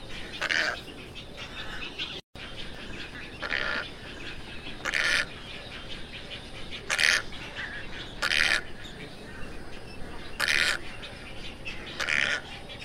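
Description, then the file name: Tricolored heron producing gruff, buzzy squawks at irregular intervals, several calls, some fainter, over steady background noise. Call (canto). "canto da garca tricolor"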